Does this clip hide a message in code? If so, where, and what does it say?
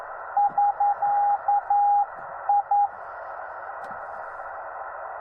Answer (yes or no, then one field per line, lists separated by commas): yes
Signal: Morse code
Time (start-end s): 0.4-2.9 s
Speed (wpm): 11 wpm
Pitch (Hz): 810 Hz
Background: radio noise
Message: <SK>I